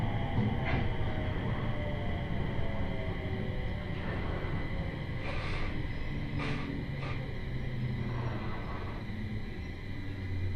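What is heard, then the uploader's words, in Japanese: A Tohoku Main Line train runs with a steady, dense low rumble and a constant high whine, with brief bright hisses around six and seven seconds. 東北本線下り 北上→盛岡。701系4両編成。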